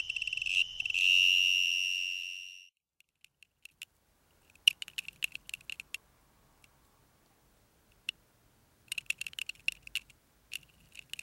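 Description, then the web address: Two-spotted tree cricket song: a loud sustained trill for about two and a half seconds fading out, followed by scattered short clicking pulses and a few later pulse bursts. "The Songs of Insects. Two-spotted Tree Cricket"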